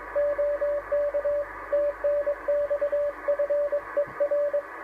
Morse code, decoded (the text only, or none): OK TNX FER